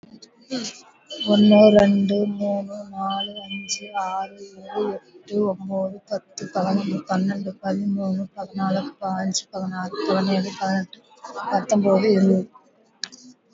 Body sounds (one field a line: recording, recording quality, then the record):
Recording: counting at a normal pace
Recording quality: excellent, no background noise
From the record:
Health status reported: healthy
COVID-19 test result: not tested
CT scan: not taken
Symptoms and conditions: none ticked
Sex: female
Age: 45 years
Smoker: no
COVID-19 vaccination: one dose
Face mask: worn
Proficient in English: no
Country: India